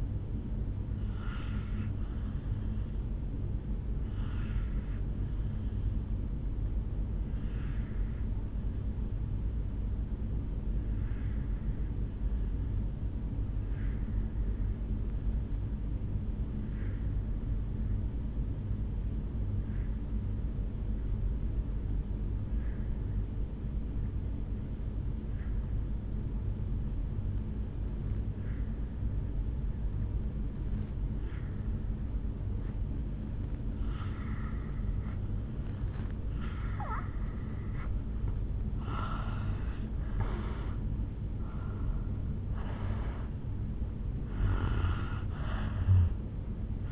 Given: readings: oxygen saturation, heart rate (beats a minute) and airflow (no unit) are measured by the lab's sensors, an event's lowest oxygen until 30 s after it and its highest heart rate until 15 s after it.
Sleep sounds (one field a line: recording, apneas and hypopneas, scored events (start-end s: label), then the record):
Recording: breathing in sleep by a smartphone at the bedside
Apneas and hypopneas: 1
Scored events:
4.00-36.80 s: obstructive apnea (N1, oxygen 97% highest, then 83% lowest, heart rate 56 at the start, 73 highest)
9.00-46.92 s: new sleep stage, N2 (light sleep)
From the record:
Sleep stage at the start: N1 (lightest sleep)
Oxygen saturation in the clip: 82 to 97%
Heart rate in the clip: 51 to 73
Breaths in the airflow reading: 3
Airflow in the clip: -12.1 to 5.3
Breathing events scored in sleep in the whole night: 449 in 7.0 hours asleep